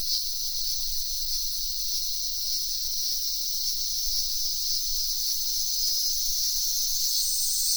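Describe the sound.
Cicadas giving a steady shrill drone over a faint low rumble.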